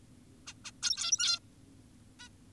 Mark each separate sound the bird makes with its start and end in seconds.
0.47-0.54, 0.65-0.72, 0.83-1.39, 2.20-2.29